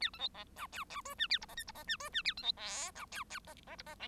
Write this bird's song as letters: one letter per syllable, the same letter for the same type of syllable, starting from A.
A B C D E E F G A H I J H I G F G A B C K D E E I I H I L